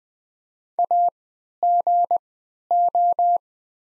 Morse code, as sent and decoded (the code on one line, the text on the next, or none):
.- --. ---
AGO